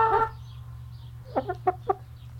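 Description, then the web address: Chicken clucking: one loud, rough cluck, then four short, quick clucks in a row, with a steady low hum underneath. Highliner Brown chicken breed; long clucking. "bird chicken highliner brown cluck long"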